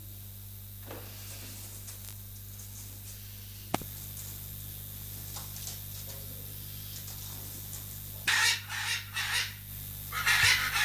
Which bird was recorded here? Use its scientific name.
Anodorhynchus hyacinthinus